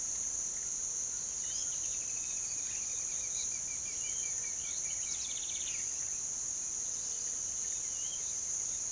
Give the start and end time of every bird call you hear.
[1.35, 5.95] bird call (1.5-5.2 kHz)
[7.89, 8.33] bird call (2.1-3.8 kHz)

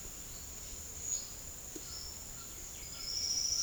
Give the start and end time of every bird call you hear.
[1.11, 2.19] bird call (3.6-5.6 kHz)

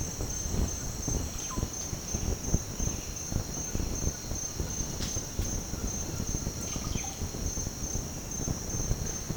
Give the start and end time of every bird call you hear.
[1.46, 1.65] bird call (0.6-1.7 kHz)
[6.55, 7.14] bird call (1.2-4.4 kHz)

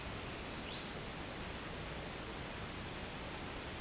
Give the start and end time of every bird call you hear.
[0.54, 1.12] bird call (1.9-5.1 kHz)

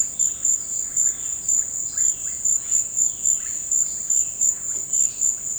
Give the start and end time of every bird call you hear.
[0.13, 5.59] bird call (0.7-5.0 kHz)

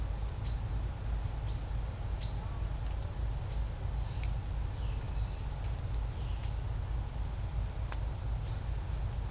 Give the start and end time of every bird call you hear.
[1.11, 2.49] bird call (3.1-7.0 kHz)
[3.97, 4.37] bird call (4.6-6.7 kHz)
[5.37, 6.80] bird call (4.3-6.6 kHz)
[7.06, 7.44] bird call (4.0-6.7 kHz)

